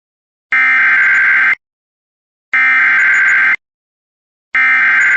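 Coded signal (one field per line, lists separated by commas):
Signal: Emergency Alert System (SAME) tones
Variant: header bursts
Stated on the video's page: Mock with valid tones depicting NOAA weather radio malfunctioning, suggesting a tampered ENDEC.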